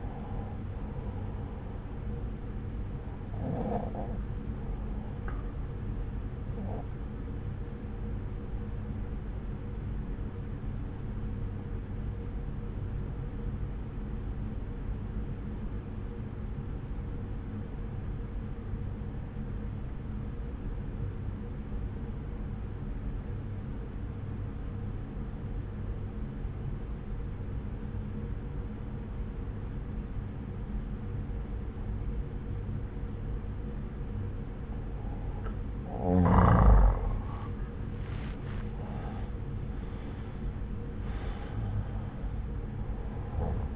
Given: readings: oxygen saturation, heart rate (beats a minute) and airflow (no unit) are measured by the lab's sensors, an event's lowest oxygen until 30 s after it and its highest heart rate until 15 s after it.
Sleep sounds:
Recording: breathing in sleep by a smartphone at the bedside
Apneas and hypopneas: 1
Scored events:
8.00-36.30 s: obstructive apnea (N1, oxygen 95% highest, then 87% lowest)
18.00-43.76 s: new sleep stage, N2 (light sleep)
From the record:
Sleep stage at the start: N1 (lightest sleep)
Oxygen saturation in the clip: 86 to 95%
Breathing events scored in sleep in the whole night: 303 in 8.1 hours asleep

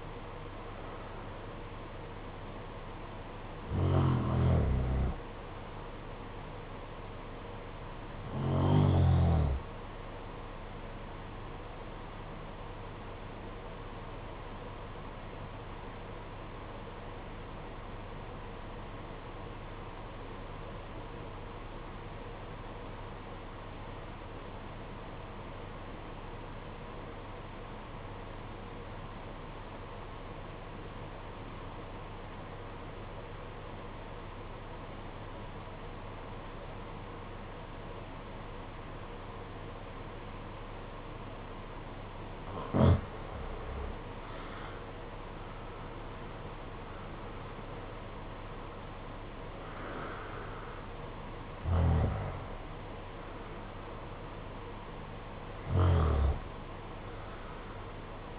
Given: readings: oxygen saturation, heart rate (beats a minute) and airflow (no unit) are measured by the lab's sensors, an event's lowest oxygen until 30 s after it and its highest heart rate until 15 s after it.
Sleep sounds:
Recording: breathing in sleep by a voice recorder at the bedside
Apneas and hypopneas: 1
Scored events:
13.00-45.00 s: obstructive apnea (REM, oxygen 96% highest, then 73% lowest, heart rate 63 at the start, 83 highest)
From the record:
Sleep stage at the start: REM sleep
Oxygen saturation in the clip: 69 to 96%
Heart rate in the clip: 57 to 83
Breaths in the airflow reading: 8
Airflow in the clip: -12.4 to 12.0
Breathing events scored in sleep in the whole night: 476 in 9.7 hours asleep

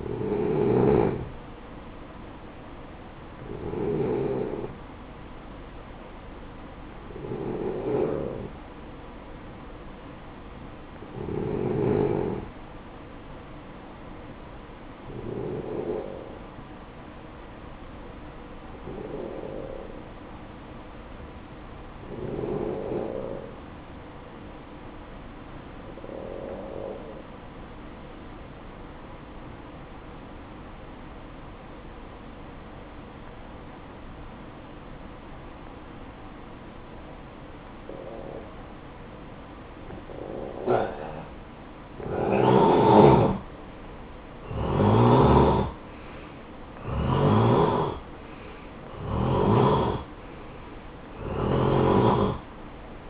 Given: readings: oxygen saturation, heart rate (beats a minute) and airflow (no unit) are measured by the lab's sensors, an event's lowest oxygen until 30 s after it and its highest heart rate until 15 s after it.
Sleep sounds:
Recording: breathing in sleep by a voice recorder at the bedside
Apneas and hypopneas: 1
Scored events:
3.00-41.80 s: hypopnea (N1, oxygen 94% highest, then 88% lowest, heart rate 64 at the start, 64 highest)
17.00-53.10 s: new sleep stage, N2 (light sleep)
From the record:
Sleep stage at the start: N1 (lightest sleep)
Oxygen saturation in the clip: 89 to 94%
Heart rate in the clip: 55 to 68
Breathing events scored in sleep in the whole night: 573 in 9.8 hours asleep

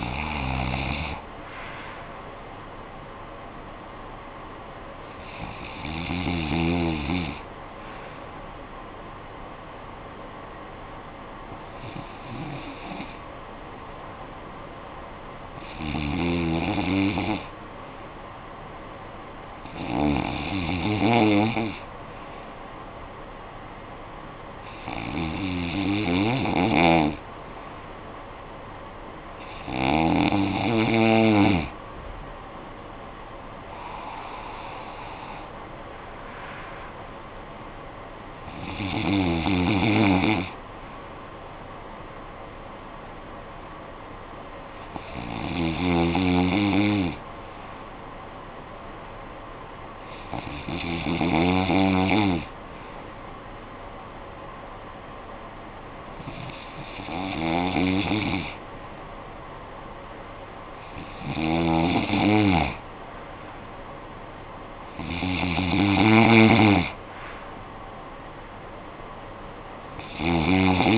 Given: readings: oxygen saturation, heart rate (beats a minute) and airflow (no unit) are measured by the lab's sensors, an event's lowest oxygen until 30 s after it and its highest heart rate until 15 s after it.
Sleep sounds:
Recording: breathing in sleep by a voice recorder at the bedside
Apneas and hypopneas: 1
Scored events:
10.00-29.50 s: hypopnea (REM, oxygen 96% highest, then 93% lowest, heart rate 58 at the start, 72 highest)
18.00-70.98 s: new sleep stage, N1 (lightest sleep)
From the record:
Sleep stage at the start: REM sleep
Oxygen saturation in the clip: 88 to 96%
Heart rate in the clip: 54 to 72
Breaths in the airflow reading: 14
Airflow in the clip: -12.9 to 9.4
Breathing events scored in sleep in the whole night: 445 in 7.6 hours asleep

